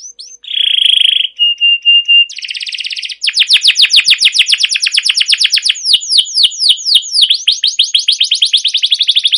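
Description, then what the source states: Canary song: a buzzy roll and steady whistled tone give way to a long trill of repeated sweeping chirps. Canary song recorded as a lure or training master for canaries, a long trilling rolled song described as cuit cuit ngerol, gacor panjang.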